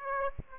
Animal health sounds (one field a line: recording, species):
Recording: mosquito wingbeat signal from an infrared sensor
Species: Aedes aegypti